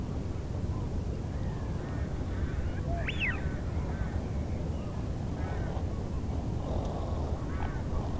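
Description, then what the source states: Eurasian wigeon gives one clear up-and-down whistle midway, with faint scattered bird calls and a steady low rumble throughout. Wigeon calls with other birds on a fjord at Roskilde Fjord, Veddelev, Denmark; recorded on a Sony PCM-D100 with internal microphones.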